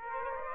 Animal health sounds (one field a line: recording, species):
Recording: mosquito wingbeat signal from an infrared sensor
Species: Aedes aegypti